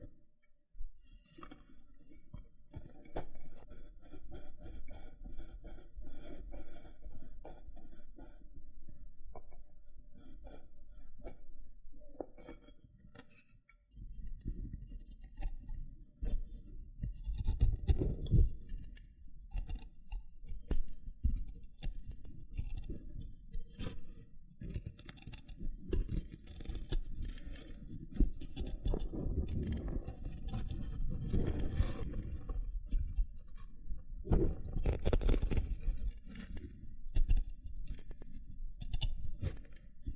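Loofah being handled, first a low steady rubbing, then after a brief pause at fourteen seconds dense crackly peeling and popping bursts.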